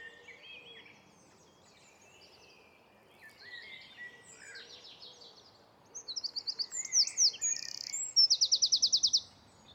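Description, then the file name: Eurasian wren song, soft scattered high twittering at first, then loud sharp phrases and a rapid rattling trill in the last few seconds. "Troglodytes troglodytes"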